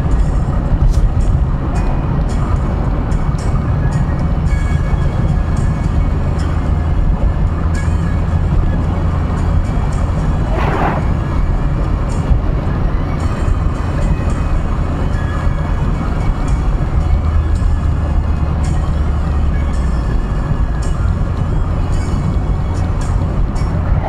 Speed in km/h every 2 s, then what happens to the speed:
90, 89, 91, 93, 97, 95, 94, 92, 86, 83, 79, 76.
0-9 speeds up to 97. 9-24 slows to 76.